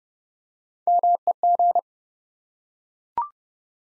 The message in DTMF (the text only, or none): none